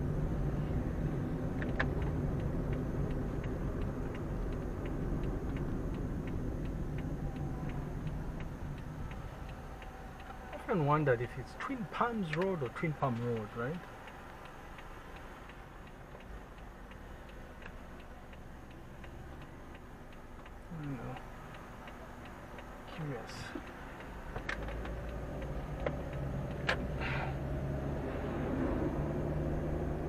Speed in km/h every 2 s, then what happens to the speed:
31, 35, 34, 25, 12, 0, 0, 0, 0, 0, 0, 1, 10, 18, 28.
4-10 brakes to 0. 10-22 standing. 22-30 pulls away to 28.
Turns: none.